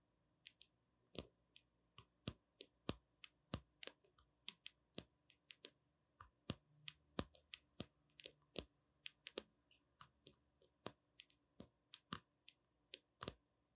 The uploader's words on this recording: ASMR 抒壓放鬆的輕柔敲擊聲 | Gentle Tapping for Sleep | NO Talking.